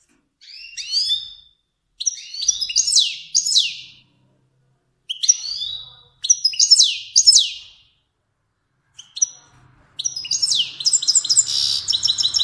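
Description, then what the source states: Finch song in short bursts of high, sharp chirps and descending whistled notes, phrases of one to two seconds separated by brief pauses, ending in a longer buzzy, trilled stretch. Kermani finch.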